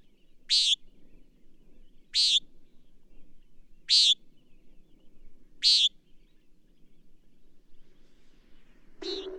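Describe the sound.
Bird song: four bright, quick high chirps at steady intervals of under two seconds, followed by a softer broad rustling burst at the end.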